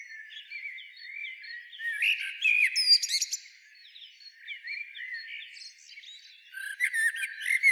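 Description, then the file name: Common blackbird singing, low warbled fluting phrases that break into thin, high chattering squeaks, with a pause before another twittering burst near the end. "Turdus merula"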